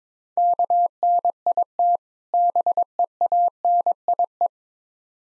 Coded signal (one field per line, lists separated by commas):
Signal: Morse code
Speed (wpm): 21 wpm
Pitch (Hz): 700 Hz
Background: none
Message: KNIT BEANIE